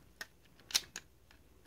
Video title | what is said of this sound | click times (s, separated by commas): Silverbolt/Superion Transformers Combiner Wars CHILL REVIEW | It doesn't seem to be locking tight so far, but let's see if all of them are like that. | 0.8 s